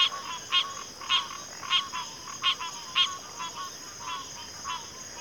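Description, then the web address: High continuous cricket trilling with loud pulsed chirps about every half second, fading slightly toward the end. Cricket chorus recorded at a backwater. "Natures Songs Sleep Sounds of Nature CRICKETS Backwater Chorus"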